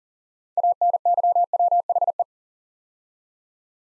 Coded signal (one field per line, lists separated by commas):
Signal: Morse code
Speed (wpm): 43 wpm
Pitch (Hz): 700 Hz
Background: none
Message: ANYWHE